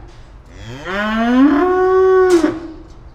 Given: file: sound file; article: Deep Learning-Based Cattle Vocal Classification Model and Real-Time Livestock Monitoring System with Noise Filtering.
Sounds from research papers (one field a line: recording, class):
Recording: cattle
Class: estrus call